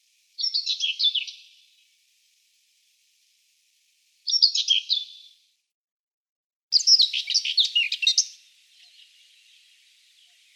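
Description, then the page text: Common whitethroat song: three brisk scratchy warbles, each one to one and a half seconds long, delivered with pauses of one to a few seconds between them. "Серая славка"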